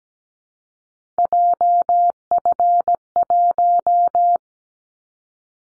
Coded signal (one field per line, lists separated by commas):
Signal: Morse code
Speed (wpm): 17 wpm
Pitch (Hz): 700 Hz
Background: none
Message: JF1